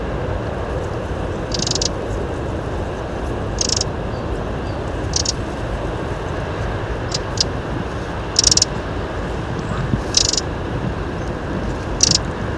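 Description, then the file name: Eurasian wren giving dry clicking buzzes every one to two seconds, a few sharper and louder, with persistent low background hum. "Troglodytes troglodytes"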